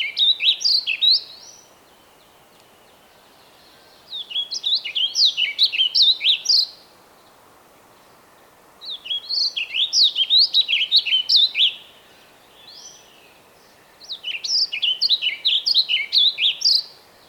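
Bird song: four phrases of rapid, sweeping high whistles, separated by silent gaps, with one short soft note in a pause.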